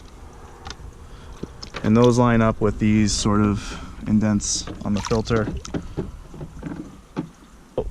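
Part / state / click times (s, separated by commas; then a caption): filter cartridge into hot tub filter housing / not seated / none. A filter cartridge is being lined up in a hot tub filter housing so its tabs match the indents, before it is pushed down and twisted home. Someone talks over light handling with brief knocks around 0.7 s, 1.6 s and 7.8 s. Nothing has seated or clicked yet.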